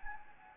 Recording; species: mosquito wingbeat signal from an infrared sensor; Anopheles gambiae